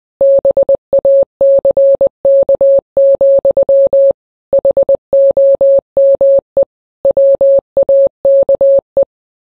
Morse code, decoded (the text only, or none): BACK, HOME WAKE